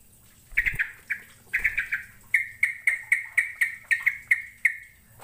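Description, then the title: Bird calling: a steady series of short, sharp chirps repeated roughly every quarter second, preceded by a few clustered notes and light thumps. "Kicau Burung"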